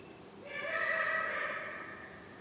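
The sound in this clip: Eagle-owl giving a single wailing call, nasal and steady, swelling then fading, with some background hiss.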